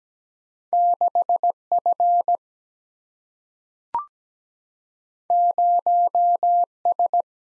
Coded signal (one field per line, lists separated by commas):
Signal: Morse code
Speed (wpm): 17 wpm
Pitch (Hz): 700 Hz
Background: none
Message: 6 F 0 S